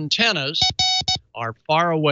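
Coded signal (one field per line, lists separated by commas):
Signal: none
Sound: background music synth notes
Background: speech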